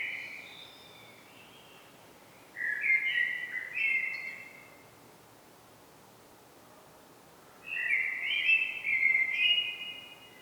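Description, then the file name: Common blackbird giving two fluty whistled song phrases about five seconds apart, with quiet pauses between. "Turdus merula"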